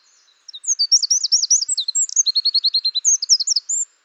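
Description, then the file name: Eurasian wren song: a vigorous, very high run of quick sharp notes and rapid trills, delivered continuously for over three seconds. "Troglodytes troglodytes"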